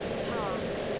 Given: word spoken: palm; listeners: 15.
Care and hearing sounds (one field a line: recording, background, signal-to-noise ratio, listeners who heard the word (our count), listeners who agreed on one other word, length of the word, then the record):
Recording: one English word in noise, from a listening test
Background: speech-shaped noise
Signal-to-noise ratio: -6.8 dB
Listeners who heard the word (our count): 0 of 15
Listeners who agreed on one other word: 6 of 15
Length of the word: 0.59 s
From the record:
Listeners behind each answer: 6, 4, 2, 1, 1, 1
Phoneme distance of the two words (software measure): 10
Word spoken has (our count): 1 syllable, 3 phonemes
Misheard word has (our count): 1 syllable, 3 phonemes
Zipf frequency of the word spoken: 3.87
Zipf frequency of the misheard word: 5.08